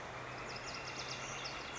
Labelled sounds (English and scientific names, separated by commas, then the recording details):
Northern Flicker (Colaptes auratus)
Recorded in Sonoma County, California